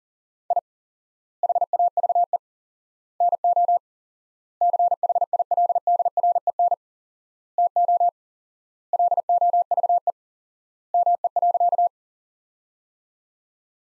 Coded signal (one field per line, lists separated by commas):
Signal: Morse code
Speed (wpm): 40 wpm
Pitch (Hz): 700 Hz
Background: none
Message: I HAVE NO CHILDREN TO LOVE ME.